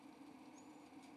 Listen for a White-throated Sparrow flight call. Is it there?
no